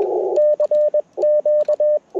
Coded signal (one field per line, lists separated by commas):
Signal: Morse code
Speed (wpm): 21 wpm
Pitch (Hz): 600 Hz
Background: none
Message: CQ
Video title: Set Up to Break Down, Full POTA Activation Process - 10/14/23 @ K-4451